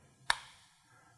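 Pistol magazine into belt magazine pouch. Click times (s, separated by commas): 0.3 s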